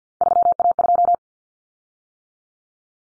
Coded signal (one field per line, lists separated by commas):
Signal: Morse code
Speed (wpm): 50 wpm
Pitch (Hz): 700 Hz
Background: none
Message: 3A2